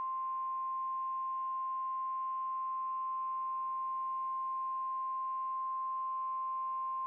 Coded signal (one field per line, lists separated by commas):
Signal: Emergency Alert System (SAME) tones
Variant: 1050 Hz attention tone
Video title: I’M BACK TO CATCHING WEEKLIES EAS Tests From 6/2/21 (EAS #630-635)